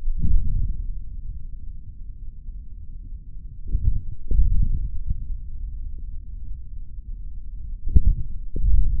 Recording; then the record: forearm muscle sounds (acoustic myography)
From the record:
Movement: hand closing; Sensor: system 3, bracelet of six PUI Audio POM-2738L microphones around the upper forearm, with dedicated amplification and filtering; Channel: 5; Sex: male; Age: 26 years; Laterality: right